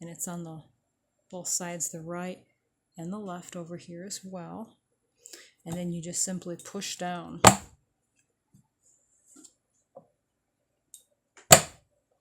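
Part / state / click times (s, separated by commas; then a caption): food processor lid onto work bowl / seated / 11.5 s. Someone talks while lining up the plastic lid of a Vitamix food processor with the tabs on both sides of the work bowl, then pushes it down. After a few faint taps, a sharp, loud snap at 11.5 s marks the lid locking into place on the bowl.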